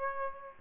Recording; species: mosquito wingbeat signal from an infrared sensor; Aedes aegypti